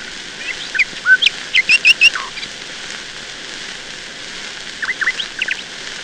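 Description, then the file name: Nightingale singing varied phrases of quick whistled and clicking notes, a rapid burst in the first half, then softer notes after a gap, against a hissy background. "Solovei"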